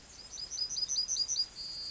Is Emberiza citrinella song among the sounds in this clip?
yes